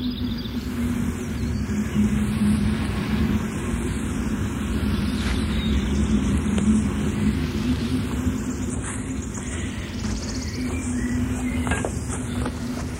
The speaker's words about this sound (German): Da unten ist eine Straße. Ein Auto.